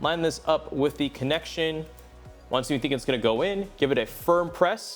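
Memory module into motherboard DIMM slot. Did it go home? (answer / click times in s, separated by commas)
no / none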